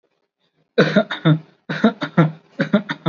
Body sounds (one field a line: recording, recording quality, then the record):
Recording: shallow voluntary cough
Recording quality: excellent, no background noise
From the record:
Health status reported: recovered from COVID-19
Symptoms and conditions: none ticked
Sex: male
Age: 25 years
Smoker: not ticked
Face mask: worn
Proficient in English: yes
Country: India